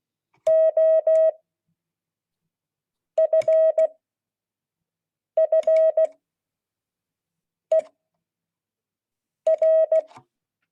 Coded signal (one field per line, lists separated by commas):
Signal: Morse code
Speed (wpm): 16 wpm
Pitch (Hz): 640 Hz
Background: none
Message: OFFER